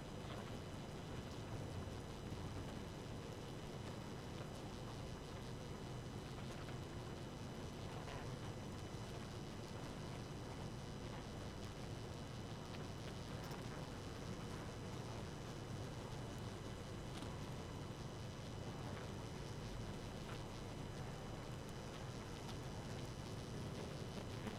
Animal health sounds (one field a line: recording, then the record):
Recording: honeybee colony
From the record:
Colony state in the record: active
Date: 12 June 2018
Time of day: 1:03